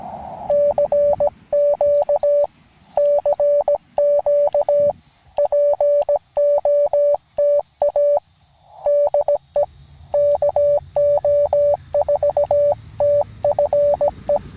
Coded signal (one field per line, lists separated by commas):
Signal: Morse code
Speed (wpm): 17 wpm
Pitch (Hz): 580 Hz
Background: none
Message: CQ CQ POTA DE KO4TFE